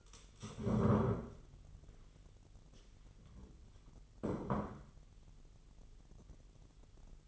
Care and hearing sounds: daily activity, microphone in the room; stand up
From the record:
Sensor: 4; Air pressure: 999.3 hPa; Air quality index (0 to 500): 114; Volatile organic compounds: 2 ppm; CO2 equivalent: 1125 ppm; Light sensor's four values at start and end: 14/32/13/14 and 14/33/13/15

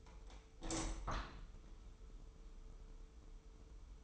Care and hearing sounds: daily activity, microphone in the room; open window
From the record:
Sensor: 1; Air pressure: 995.8 hPa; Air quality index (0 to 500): 51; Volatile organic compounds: 1 ppm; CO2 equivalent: 962 ppm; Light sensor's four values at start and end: 30/104/40/41 and 30/105/40/42

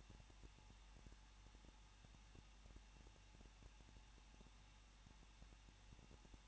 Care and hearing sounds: daily activity, microphone in the room; no activity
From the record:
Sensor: 1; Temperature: 20.1 degrees Celsius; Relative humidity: 39.2%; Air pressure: 1006.3 hPa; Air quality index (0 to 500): 217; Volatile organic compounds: 77 ppm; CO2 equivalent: 3579 ppm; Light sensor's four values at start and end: 1/2/1/1 and 1/2/1/1

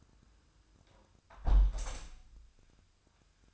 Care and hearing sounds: daily activity, microphone in the room; close window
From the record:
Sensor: 2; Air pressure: 1004.5 hPa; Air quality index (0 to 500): 113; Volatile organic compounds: 3 ppm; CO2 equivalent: 1371 ppm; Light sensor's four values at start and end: 6/14/6/6 and 6/14/5/5

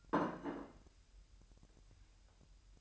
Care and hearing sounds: daily activity, microphone in the room; place plate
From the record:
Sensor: 2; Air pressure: 1001.9 hPa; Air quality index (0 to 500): 248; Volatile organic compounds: 39 ppm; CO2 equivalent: 3138 ppm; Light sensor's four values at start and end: 8/28/11/10 and 8/28/11/10

